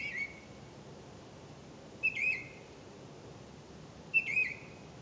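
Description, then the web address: Bird calls, short whistled notes that bend downward, given three times about two seconds apart against quiet hiss. "misc bird"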